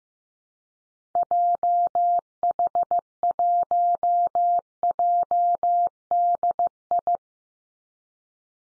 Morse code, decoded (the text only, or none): JH1JDI